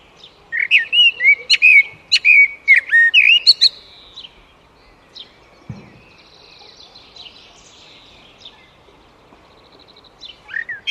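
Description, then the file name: Eurasian blackbird singing a string of clear whistled notes and high twitters in the first four seconds, followed by a quieter stretch, a brief low thump, and another note at the end. "Turdus merula"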